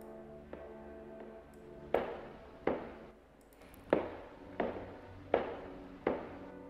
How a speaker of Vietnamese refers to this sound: Loáng thoáng có tiếng giày cao gót lộc cộc bước đi trong đêm vắng.